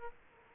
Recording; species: mosquito wingbeat signal from an infrared sensor; Aedes aegypti